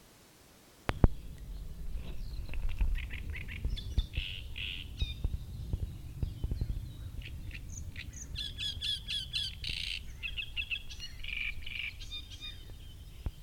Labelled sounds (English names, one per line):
Great Reed Warbler